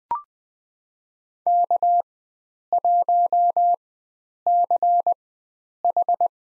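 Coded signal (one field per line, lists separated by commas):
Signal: Morse code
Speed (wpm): 20 wpm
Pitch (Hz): 700 Hz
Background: none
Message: K1CH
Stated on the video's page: Farnsworth-timed head-copy drill of US four-character call signs at 20 wpm, with 4x character spacing.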